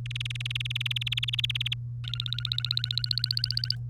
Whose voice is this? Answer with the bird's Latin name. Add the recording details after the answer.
Serinus canaria. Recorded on 3 May 2018 at 07:30. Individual llb3